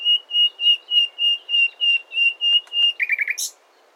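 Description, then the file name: Common nightingale song: a string of about ten steady, pure whistled notes, followed by quick lower notes and a sharp high buzzy flourish. "Luscinia megarhynchos"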